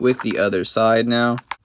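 Someone talks while a replacement plastic grip shell for a Bionic Quickshot Pro Xbox controller is handled for pressing onto the second side of the controller body. A brief, faint sound comes near 1.5 s after the speech ends, but the grip has not snapped into place yet.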